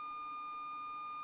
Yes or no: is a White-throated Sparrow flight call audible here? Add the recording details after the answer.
no. No flight call is heard. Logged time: 22:00 on 30 November 2014